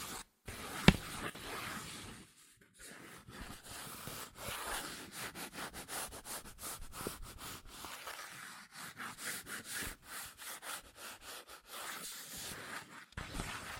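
Fingers scratch and tap quickly on cardboard and paper, making a dense run of dry, bright rasping strokes in rapid, fairly regular bursts. A sharp single click stands out near the first second, and brief silent gaps break the texture around two and thirteen seconds.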